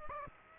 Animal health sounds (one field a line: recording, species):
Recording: mosquito wingbeat signal from an infrared sensor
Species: Aedes aegypti